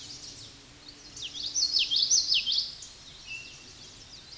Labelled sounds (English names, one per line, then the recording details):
Common Yellowthroat song
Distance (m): 5 m
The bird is about level with the microphone
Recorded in a Pennsylvania forest on 16 May 2024 at 09:50
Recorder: AudioMoth, point MSD-2061
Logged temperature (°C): 16.1 °C
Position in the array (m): 224 m, 186 m